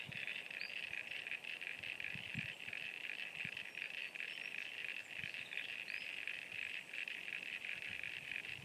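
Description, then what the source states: Frogs in full chorus, an unbroken shrill pulsing drone of many overlapping callers. At Sunny Corner.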